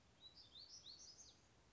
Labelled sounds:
Black-throated Gray Warbler
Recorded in Sonoma County, California

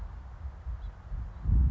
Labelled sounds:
House Finch
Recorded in Sonoma County, California

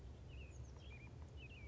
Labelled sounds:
Oak Titmouse
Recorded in Sonoma County, California

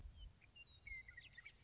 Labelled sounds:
Western Meadowlark
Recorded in Sonoma County, California

